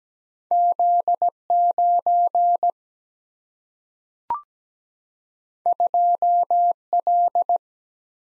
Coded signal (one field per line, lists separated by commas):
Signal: Morse code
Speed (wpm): 17 wpm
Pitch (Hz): 700 Hz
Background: none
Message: Z 9 2 L